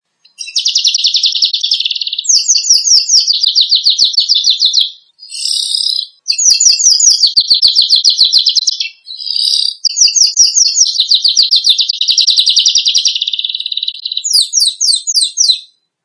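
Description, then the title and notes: Bird singing loud, high, fast trilled phrases of rapid repeated notes, with short pauses between phrases. Indonesia. "Kicau Burung Indonesia"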